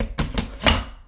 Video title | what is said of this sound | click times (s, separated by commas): Hang Your AR15 On The Wall! | So now if you want to store it, there again, kind of locks into place. Boom. | 0.0 s, 0.4 s